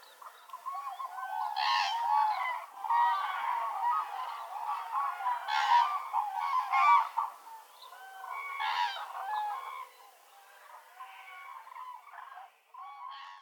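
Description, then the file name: Many common cranes bugle at once, making a continuous jumble of rolling, honking trumpet calls that swells and fades, quieter near the end. Calls recorded on the Baltic Sea coast on 1 November 2014. "Kranich Grus grus 20141101 Ostsee"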